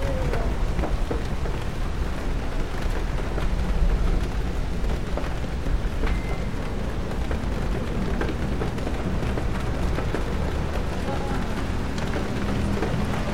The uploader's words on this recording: Rainy Bookstore Cafe Ambience. Rain patters on the bookstore window on a peaceful afternoon.